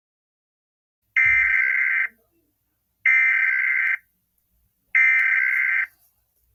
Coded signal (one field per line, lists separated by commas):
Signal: Emergency Alert System (SAME) tones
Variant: header bursts